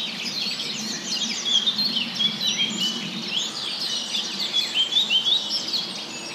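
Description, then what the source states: Birds in full song, overlapping high sweeping chirps and twitters, with brief louder bursts of notes in the later seconds. Birds in a wood.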